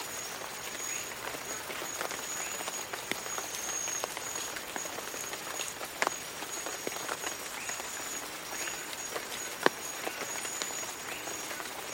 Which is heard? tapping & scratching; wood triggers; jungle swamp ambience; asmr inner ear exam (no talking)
jungle swamp ambience